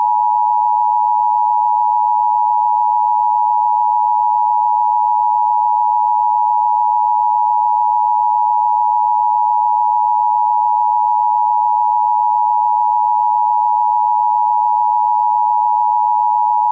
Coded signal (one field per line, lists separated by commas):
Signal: Emergency Alert System (SAME) tones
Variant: 853 and 960 Hz attention tone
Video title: KBTC Monthly Test of the Emergency Alert System